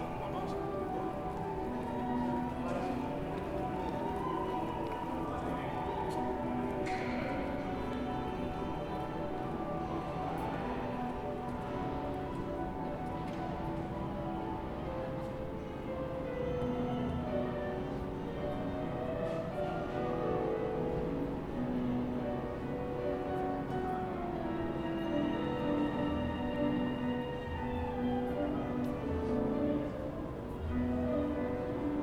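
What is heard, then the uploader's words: Several instruments practise at once from open practice-room windows, overlapping into a dense, steady tangle of sustained notes and runs. The sound is mostly mid and low in pitch, at an even level throughout, with brief sharper accents scattered across it. Musical cacophony pouring through the open windows of practice rooms, London, UK.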